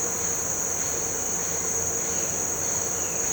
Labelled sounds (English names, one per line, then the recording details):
none
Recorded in pastures near Puerto Asís, Putumayo, Colombia, on 4 March 2025 at 16:30
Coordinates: 0.466, -76.322
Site CSA-02